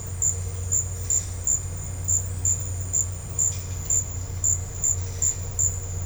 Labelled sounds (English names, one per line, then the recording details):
none
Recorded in dense forest near Puerto Asís, Putumayo, Colombia, on 4 March 2025 at 13:00
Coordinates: 0.468, -76.322
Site GP01